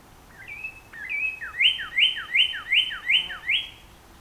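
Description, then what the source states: Northern Cardinal song of two rising lead-in whistles followed by six rhythmic, ringing slurred notes delivered at just under three per second, clear and dominant. Recorded on 14 April 2018; the recording holds nine songs.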